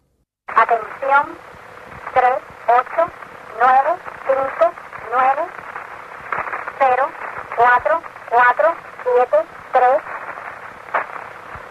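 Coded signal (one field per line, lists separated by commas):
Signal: numbers station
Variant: Atención, Spanish female voice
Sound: a female voice reading short words in a steady rhythm over faint radio hiss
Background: radio static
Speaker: one of the best-known number stations called attencion came into the limelight at the 1998 conviction of the so called wasp network of spies from Cuba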